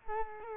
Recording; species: mosquito wingbeat signal from an infrared sensor; Culex quinquefasciatus